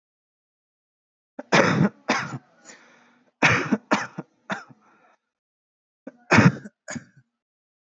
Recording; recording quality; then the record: heavy voluntary cough; excellent, no background noise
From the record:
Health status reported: healthy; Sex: male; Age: 28 years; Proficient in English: yes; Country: India